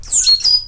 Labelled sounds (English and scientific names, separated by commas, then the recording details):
Stitchbird (Notiomystis cincta) song
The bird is a male
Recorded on Tiritiri Matangi Island, New Zealand, in 2005
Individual 12, of nest box 16